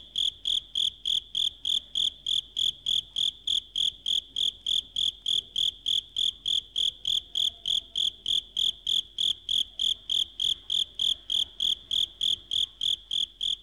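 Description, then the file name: Insect chirping: short, pure, high pulses repeated steadily about three times per second throughout, with faint overtones above and no other clear sounds. "insetti insect"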